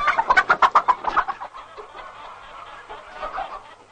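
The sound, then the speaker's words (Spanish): A hen clucks in a quick, rhythmic burst of sharp, mid-pitched calls, then settles into softer, lower murmuring clucks that rise briefly again near the end. “Dame la gallina.”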